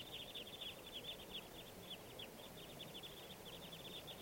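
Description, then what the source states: Red Crossbill flock calls: many short, sharp chip notes overlapping in quick succession throughout, over a steady background hiss. Type 2 birds; flock of about 25 arriving near a net with a decoy bird while snowing; lodgepole pine habitat.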